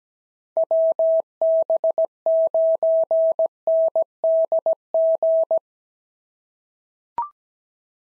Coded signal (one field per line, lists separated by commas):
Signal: Morse code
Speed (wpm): 17 wpm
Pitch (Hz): 650 Hz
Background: none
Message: WB9NDG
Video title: POTA QSO Practice - 17wpm